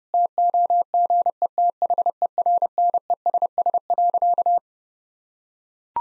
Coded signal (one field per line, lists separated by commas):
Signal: Morse code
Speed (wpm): 30 wpm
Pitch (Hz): 700 Hz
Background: none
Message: TOGETHERNESS.